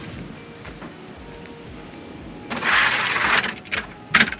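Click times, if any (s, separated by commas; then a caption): 4.1 s. A caravan awning side arm is slid all the way up until it locks into place. Quiet low background gives way to a broad hissing, scraping rush from about 2.5 to 3.4 seconds, then a loud sharp click at 4.2 seconds, followed by a couple of smaller knocks as the arm locks in.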